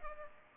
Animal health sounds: mosquito wingbeat signal from an infrared sensor; Culex pipiens

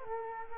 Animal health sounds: mosquito wingbeat signal from an infrared sensor; Culex quinquefasciatus

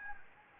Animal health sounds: mosquito wingbeat signal from an infrared sensor; Anopheles gambiae

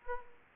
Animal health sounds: mosquito wingbeat signal from an infrared sensor; Aedes aegypti

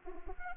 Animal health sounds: mosquito wingbeat signal from an infrared sensor; Anopheles arabiensis

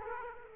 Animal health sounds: mosquito wingbeat signal from an infrared sensor; Aedes aegypti

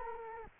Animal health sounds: mosquito wingbeat signal from an infrared sensor; Culex quinquefasciatus

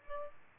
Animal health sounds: mosquito wingbeat signal from an infrared sensor; Aedes albopictus

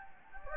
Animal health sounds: mosquito wingbeat signal from an infrared sensor; Anopheles gambiae

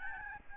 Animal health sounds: mosquito wingbeat signal from an infrared sensor; Aedes albopictus

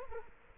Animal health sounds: mosquito wingbeat signal from an infrared sensor; Culex quinquefasciatus

